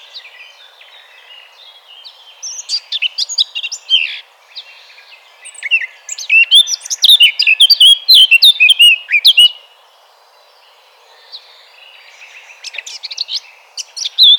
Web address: vogelstimmen moenchsgrasmuecke gesang nabu lars lachmann